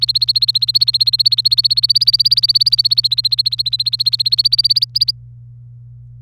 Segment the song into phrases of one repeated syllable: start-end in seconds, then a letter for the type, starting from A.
0.00-5.11 A